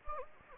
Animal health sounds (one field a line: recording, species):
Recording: mosquito wingbeat signal from an infrared sensor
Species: Anopheles gambiae